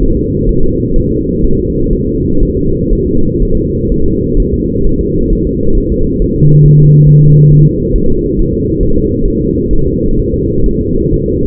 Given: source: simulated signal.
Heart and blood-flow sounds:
fetal heart sounds
0.03 s: S1
0.17 s: S2
0.49 s: S1
0.63 s: S2
0.96 s: S1
1.11 s: S2
1.44 s: S1
1.59 s: S2
1.93 s: S1
2.07 s: S2
2.43 s: S1
2.57 s: S2
2.93 s: S1
3.07 s: S2
3.43 s: S1
3.57 s: S2
3.92 s: S1
4.06 s: S2
4.40 s: S1
4.54 s: S2
4.87 s: S1
5.01 s: S2
5.33 s: S1
5.47 s: S2
5.78 s: S1
5.92 s: S2
6.22 s: S1
6.36 s: S2
6.66 s: S1
6.80 s: S2
7.09 s: S1
7.23 s: S2
7.52 s: S1
7.67 s: S2
7.96 s: S1
8.10 s: S2
8.39 s: S1
8.53 s: S2
8.83 s: S1
8.97 s: S2
9.28 s: S1
9.42 s: S2
9.73 s: S1
9.88 s: S2
10.19 s: S1
10.34 s: S2
10.66 s: S1
10.81 s: S2
11.14 s: S1
11.28 s: S2
From the record:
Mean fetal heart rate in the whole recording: 130 bpm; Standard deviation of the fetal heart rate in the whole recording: 4 bpm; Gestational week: 38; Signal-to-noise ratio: -17.7 dB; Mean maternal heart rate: 72 bpm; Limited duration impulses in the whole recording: present

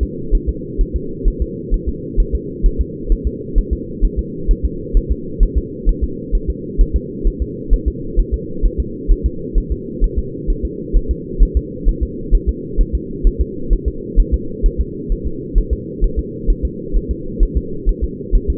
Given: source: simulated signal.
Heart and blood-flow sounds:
fetal heart sounds
0.03 s: S2
0.35 s: S1
0.49 s: S2
0.81 s: S1
0.96 s: S2
1.28 s: S1
1.42 s: S2
1.74 s: S1
1.88 s: S2
2.20 s: S1
2.35 s: S2
2.66 s: S1
2.81 s: S2
3.12 s: S1
3.27 s: S2
3.58 s: S1
3.73 s: S2
4.05 s: S1
4.19 s: S2
4.51 s: S1
4.65 s: S2
4.97 s: S1
5.12 s: S2
5.43 s: S1
5.58 s: S2
5.89 s: S1
6.04 s: S2
6.35 s: S1
6.50 s: S2
6.81 s: S1
6.96 s: S2
7.27 s: S1
7.42 s: S2
7.73 s: S1
7.88 s: S2
8.19 s: S1
8.34 s: S2
8.66 s: S1
8.80 s: S2
9.12 s: S1
9.26 s: S2
9.58 s: S1
9.72 s: S2
10.04 s: S1
10.19 s: S2
10.50 s: S1
10.65 s: S2
10.96 s: S1
11.11 s: S2
11.43 s: S1
11.57 s: S2
11.88 s: S1
12.03 s: S2
12.34 s: S1
12.49 s: S2
12.81 s: S1
12.95 s: S2
13.27 s: S1
13.41 s: S2
13.73 s: S1
13.88 s: S2
14.20 s: S1
14.34 s: S2
14.66 s: S1
14.81 s: S2
15.12 s: S1
15.27 s: S2
15.58 s: S1
15.73 s: S2
16.04 s: S1
16.19 s: S2
16.50 s: S1
16.65 s: S2
16.97 s: S1
17.11 s: S2
17.43 s: S1
17.57 s: S2
17.89 s: S1
18.04 s: S2
18.35 s: S1
18.50 s: S2
From the record:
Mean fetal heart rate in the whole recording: 130 bpm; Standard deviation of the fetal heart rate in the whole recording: 2 bpm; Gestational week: 38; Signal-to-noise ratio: -4.3 dB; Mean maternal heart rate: 72 bpm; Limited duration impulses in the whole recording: absent

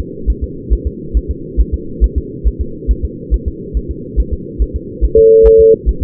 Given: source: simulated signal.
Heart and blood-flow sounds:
fetal heart sounds
0.00 s: S2
0.30 s: S1
0.44 s: S2
0.73 s: S1
0.87 s: S2
1.17 s: S1
1.31 s: S2
1.60 s: S1
1.74 s: S2
2.04 s: S1
2.18 s: S2
2.47 s: S1
2.61 s: S2
2.91 s: S1
3.05 s: S2
3.34 s: S1
3.48 s: S2
3.77 s: S1
3.91 s: S2
4.20 s: S1
4.34 s: S2
4.62 s: S1
4.76 s: S2
5.04 s: S1
5.18 s: S2
5.47 s: S1
5.61 s: S2
5.89 s: S1
6.03 s: S2
From the record:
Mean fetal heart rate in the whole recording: 140 bpm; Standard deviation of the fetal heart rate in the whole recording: 2 bpm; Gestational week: 34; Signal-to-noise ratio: -4.3 dB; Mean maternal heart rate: 72 bpm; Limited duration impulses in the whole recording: present

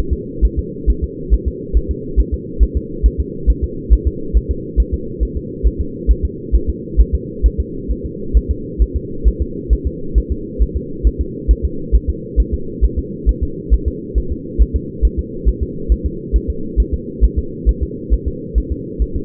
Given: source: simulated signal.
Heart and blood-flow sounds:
fetal heart sounds
0.13 s: S2
0.45 s: S1
0.59 s: S2
0.90 s: S1
1.04 s: S2
1.33 s: S1
1.48 s: S2
1.77 s: S1
1.91 s: S2
2.20 s: S1
2.34 s: S2
2.63 s: S1
2.77 s: S2
3.06 s: S1
3.20 s: S2
3.50 s: S1
3.64 s: S2
3.93 s: S1
4.08 s: S2
4.37 s: S1
4.51 s: S2
4.80 s: S1
4.94 s: S2
5.23 s: S1
5.37 s: S2
5.67 s: S1
5.81 s: S2
6.11 s: S1
6.25 s: S2
6.55 s: S1
6.70 s: S2
7.00 s: S1
7.15 s: S2
7.46 s: S1
7.60 s: S2
7.91 s: S1
8.05 s: S2
8.37 s: S1
8.51 s: S2
8.82 s: S1
8.96 s: S2
9.27 s: S1
9.42 s: S2
9.73 s: S1
9.87 s: S2
10.18 s: S1
10.32 s: S2
10.62 s: S1
10.77 s: S2
11.07 s: S1
11.21 s: S2
11.51 s: S1
11.65 s: S2
11.95 s: S1
12.10 s: S2
12.40 s: S1
12.54 s: S2
12.84 s: S1
12.99 s: S2
13.29 s: S1
13.43 s: S2
13.74 s: S1
13.88 s: S2
14.18 s: S1
14.32 s: S2
14.62 s: S1
14.76 s: S2
15.05 s: S1
15.19 s: S2
15.48 s: S1
15.63 s: S2
15.92 s: S1
16.06 s: S2
16.36 s: S1
16.50 s: S2
16.80 s: S1
16.94 s: S2
17.24 s: S1
17.39 s: S2
17.69 s: S1
17.83 s: S2
18.13 s: S1
18.28 s: S2
18.58 s: S1
18.72 s: S2
19.02 s: S1
19.16 s: S2
From the record:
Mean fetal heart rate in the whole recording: 135 bpm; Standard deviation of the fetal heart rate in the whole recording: 3 bpm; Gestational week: 34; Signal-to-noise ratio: -4.3 dB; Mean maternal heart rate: 72 bpm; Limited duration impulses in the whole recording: absent

